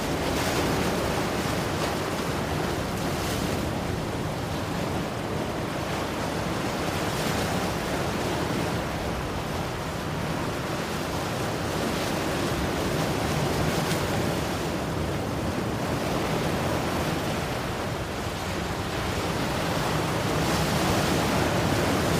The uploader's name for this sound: Hawaii Ocean Waves Sounds